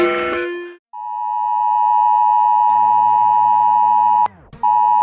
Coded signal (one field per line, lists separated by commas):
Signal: Emergency Alert System (SAME) tones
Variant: 853 and 960 Hz attention tone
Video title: Ranking EAS alarms from around the world don't forget to like and subscribe enjoy the video